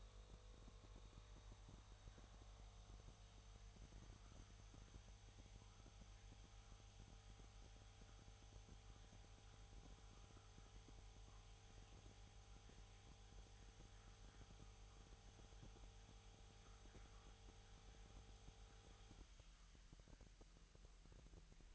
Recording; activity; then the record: daily activity, microphone in the room; make coffee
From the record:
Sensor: 3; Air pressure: 1001.9 hPa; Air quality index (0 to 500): 248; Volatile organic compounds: 52 ppm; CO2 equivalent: 3321 ppm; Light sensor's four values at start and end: 12/36/16/13 and 12/36/15/13